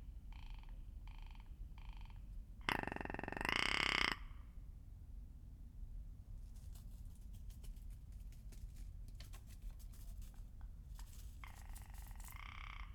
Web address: 2019 04 13 lewitt lct 540 s and rock ptarmigan